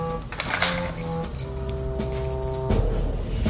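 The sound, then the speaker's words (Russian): A bunch of keys jangles as it is handed back, with bright, scattered metallic clinks over a few seconds, fairly loud, against a steady humming tonal background. “Заберите ключи.”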